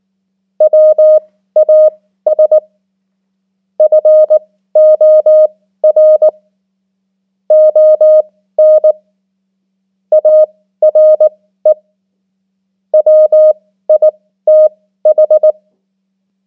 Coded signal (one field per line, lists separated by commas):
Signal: Morse code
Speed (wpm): 19 wpm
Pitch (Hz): 620 Hz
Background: none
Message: WAS FOR ON ARE WITH